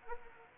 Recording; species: mosquito wingbeat signal from an infrared sensor; Anopheles arabiensis